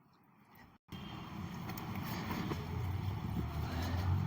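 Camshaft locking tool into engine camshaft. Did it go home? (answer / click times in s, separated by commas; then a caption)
no / none. A metal camshaft locking tool is fitted onto an engine camshaft to check the timing, but the cam does not lock into it, which indicates that the timing is off. After a quiet start and a brief silence near 0.8 s, a sudden noise begins at 0.9 s, a short sharp tick sounds at 1.8 s, and steady broadband noise then builds through the rest of the clip. Nothing has locked or clicked into place yet.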